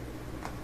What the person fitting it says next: there you go that's a click you're looking for